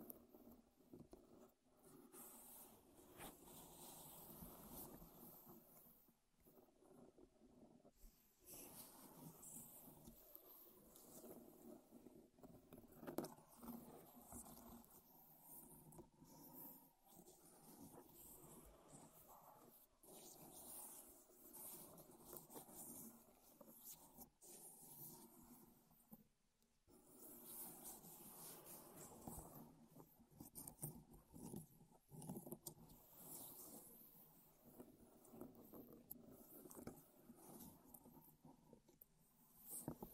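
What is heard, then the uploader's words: Wood triggers sound in a dense, continuous stream of tapping, rubbing and clicking, with brief pauses near 8, 17, 25 and 27 seconds. ASMR Wood Triggers in Your Ears (No Talking).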